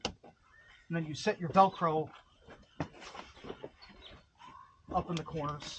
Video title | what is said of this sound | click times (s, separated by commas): OVS XD Lhotse Unboxing and Initial Thoughts! | lock them in | 0.1 s